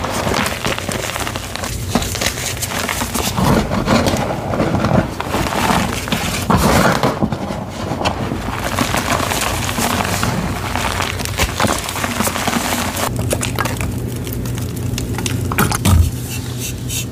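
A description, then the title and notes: Gym chalk mixed with baby oil is crushed in a steady run of dense, gritty crunching and crinkling that lasts the whole time. The level stays fairly even, with soft squishy textures underneath and one sharper crunch near the end. Baby Oil Gym Chalk Crushing Compilation.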